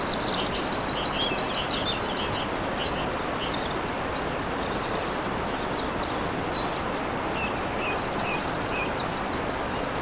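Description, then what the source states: Eurasian wren song, a loud rapid high trill for over two seconds, then quieter trilled phrases returning, over constant rushing water. Recorded by a stream on 21 April 2015 with a MZ-N710 recorder.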